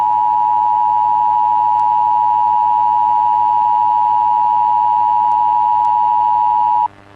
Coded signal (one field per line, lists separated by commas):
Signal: Emergency Alert System (SAME) tones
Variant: 853 and 960 Hz attention tone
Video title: Eas civil emergency message